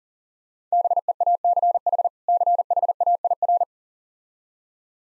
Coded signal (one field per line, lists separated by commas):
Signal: Morse code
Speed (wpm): 40 wpm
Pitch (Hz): 700 Hz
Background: none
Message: BEACH CHAIR